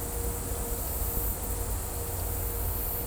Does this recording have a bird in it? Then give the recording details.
no. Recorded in dense forest near Puerto Asís, Putumayo, Colombia, on 26 December 2024 at 14:30. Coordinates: 0.503, -76.323. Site G043